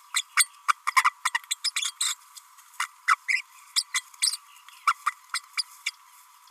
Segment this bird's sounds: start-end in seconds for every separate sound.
0.14-0.23, 0.36-0.48, 0.68-0.74, 0.87-0.92, 1.04-1.10, 1.25-1.31, 1.34-1.39, 1.50-1.55, 1.64-1.71, 1.76-1.91, 2.00-2.15, 2.79-2.88, 3.07-3.16, 3.28-3.42, 3.76-3.84, 3.94-4.02, 4.22-4.37, 4.87-4.93, 5.06-5.12, 5.33-5.40, 5.57-5.62, 5.86-5.91